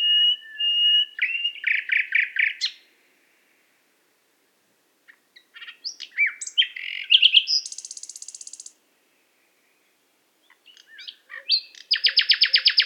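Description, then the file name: Common nightingale song with paired whistles and a quick chatter, a silent gap, a loud buzzing rattle, then another fast rhythmic trill. "Luscinia megarhynchos"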